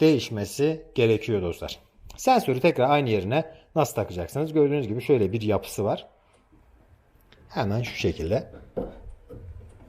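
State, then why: Not seated. A man talks while handling a combi boiler's clip-on flow temperature sensor, which has been removed from the heating flow pipe and is being placed back onto it. A few faint handling taps come in a quiet gap near the end. Nothing has seated or clicked yet.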